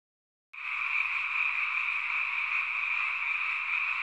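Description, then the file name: Frog chorus starting abruptly after half a second of silence, then a steady, dense mass of overlapping rapid calls. "kaeru"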